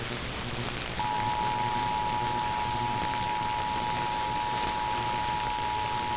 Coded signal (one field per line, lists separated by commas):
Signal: Emergency Alert System (SAME) tones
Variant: 853 and 960 Hz attention tone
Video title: [EAS #1928-#1943] Part 2 of Testing Mania Week (12/06/22 -12/08/22)